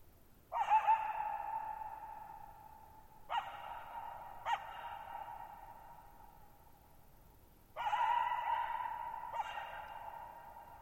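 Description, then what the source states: Coyote barking repeatedly, sustained yelps and brief sharp barks spaced a few seconds apart, with long echoing decay and a quiet background. Lone coyote calling at night, July 14, 2019, Thirtymile Meadows, Okanogan National Forest high country, Pacific Northwest, 1950 m, dry plateau meadow bowl with boggy ground, long natural reverberation.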